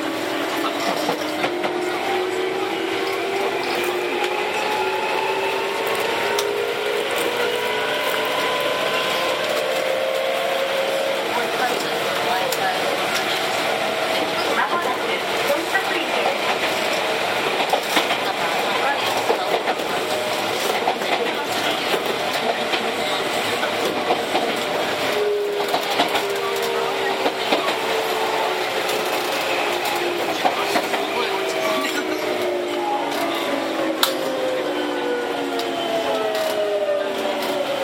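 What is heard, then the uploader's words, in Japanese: Ride aboard a Tokyu 7700 series train running from Kamata toward Gotanda. A steady, dense rumble and rattle fills the whole clip, with layered motor tones that climb and then sink, once early on and again from about 25 seconds as the train speeds up and slows. 東急7700系 蒲田→五反田。東急7700系（7001F）蒲田→五反田。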